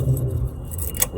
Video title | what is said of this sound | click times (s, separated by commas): How to Stop Brake Squeal/Squeaky Brakes, CityBug/Citroen C1/Aygo/Peugeot 107 Gets front Mud-flaps | They just click into place | 1.0 s